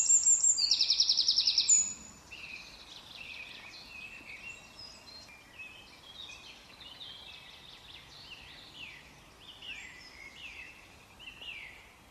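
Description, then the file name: Eurasian wren song: a loud, shrill rapid trill for two seconds, then softer high twittering notes continuing in the background. "Troglodytes troglodytes"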